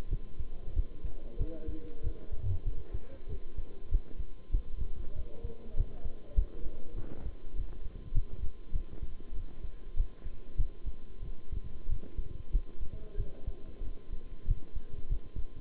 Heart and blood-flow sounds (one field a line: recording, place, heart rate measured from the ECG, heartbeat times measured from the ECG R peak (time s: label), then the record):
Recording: heart sounds by stethoscope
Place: between the tricuspid and mitral areas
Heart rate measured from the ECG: 96 bpm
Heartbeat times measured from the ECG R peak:
0.10 s: heartbeat
0.75 s: heartbeat
1.38 s: heartbeat
2.03 s: heartbeat
2.65 s: heartbeat
3.28 s: heartbeat
3.90 s: heartbeat
4.52 s: heartbeat
5.15 s: heartbeat
5.76 s: heartbeat
6.36 s: heartbeat
6.96 s: heartbeat
7.55 s: heartbeat
8.14 s: heartbeat
8.73 s: heartbeat
9.34 s: heartbeat
9.96 s: heartbeat
10.57 s: heartbeat
11.22 s: heartbeat
11.88 s: heartbeat
12.52 s: heartbeat
13.17 s: heartbeat
13.83 s: heartbeat
14.47 s: heartbeat
15.09 s: heartbeat
From the record:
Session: bicycle stress test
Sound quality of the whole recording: good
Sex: male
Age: 23 years